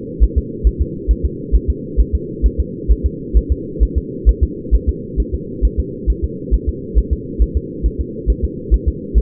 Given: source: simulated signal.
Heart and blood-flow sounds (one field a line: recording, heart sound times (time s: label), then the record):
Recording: fetal heart sounds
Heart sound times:
0.24 s: S1
0.38 s: S2
0.67 s: S1
0.81 s: S2
1.11 s: S1
1.25 s: S2
1.55 s: S1
1.70 s: S2
2.00 s: S1
2.15 s: S2
2.46 s: S1
2.60 s: S2
2.91 s: S1
3.06 s: S2
3.37 s: S1
3.52 s: S2
3.83 s: S1
3.98 s: S2
4.29 s: S1
4.43 s: S2
4.75 s: S1
4.89 s: S2
5.20 s: S1
5.34 s: S2
5.65 s: S1
5.80 s: S2
6.10 s: S1
6.24 s: S2
6.54 s: S1
6.69 s: S2
6.98 s: S1
7.13 s: S2
7.42 s: S1
7.57 s: S2
7.86 s: S1
8.01 s: S2
8.30 s: S1
8.45 s: S2
8.74 s: S1
8.88 s: S2
9.18 s: S1
From the record:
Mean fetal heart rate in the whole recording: 135 bpm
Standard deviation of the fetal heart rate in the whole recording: 3 bpm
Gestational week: 34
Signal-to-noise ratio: -4.1 dB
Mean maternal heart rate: no maternal heart sound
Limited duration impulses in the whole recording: absent